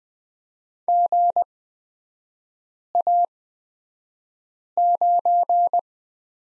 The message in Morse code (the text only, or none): GA9